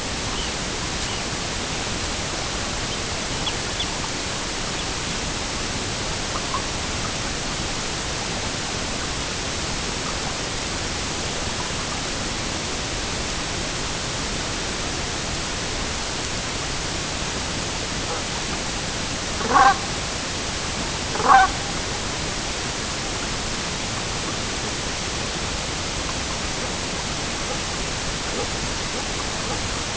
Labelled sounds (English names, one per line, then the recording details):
Red Phalarope
Brent Goose
unidentified sound
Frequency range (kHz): Red Phalarope 2.4-4.0 kHz; Brent Goose 0.1-6.3 kHz
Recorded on Arctic tundra, site EABA-MC, on 22 June 2019
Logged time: 16:00